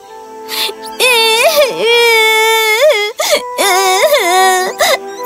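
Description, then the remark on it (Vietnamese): A young girl who has fallen over tree roots and bruised her knee cries out in pain with long, wailing high-pitched sobs, broken by short gasping breaths between loud, wavering cries. “Cô bé rất đau đớn, bất lực nên đã bật khóc.”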